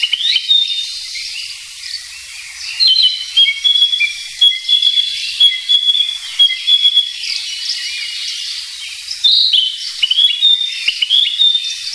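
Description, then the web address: Narcissus flycatcher giving a varied song of whistles and chirps, steady high tones alternating with lower trills and swooping notes in several phrases with short gaps. "sikioto. kibitaki"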